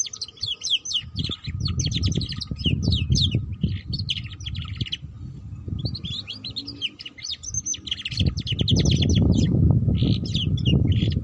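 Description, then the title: Canary song in long rapid phrases of chirps and trills, with a brief pause, over patches of low rumbling noise and a faint continuous hum. Belgian canary; song to warm up and stimulate canaries to sing, for canaries learning the ngeriwik sound, suited as a lure for ngeriwik canaries. "Canto Para Esquentar Canário Belga. Suara Kenari Belajar Bunyi Ngeriwik || Cocok Untuk Pancingan Kenari Ngeriwik"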